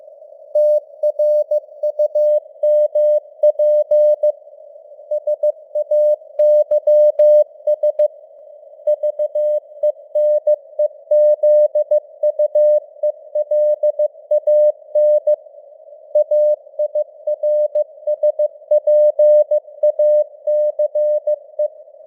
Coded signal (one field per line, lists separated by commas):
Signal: Morse code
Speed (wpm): 15 wpm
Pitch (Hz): 600 Hz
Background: none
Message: TRUMP SAYS VENEZUELAN AIRSPACE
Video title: Morse Code News | 2025-12-01 | 15wpm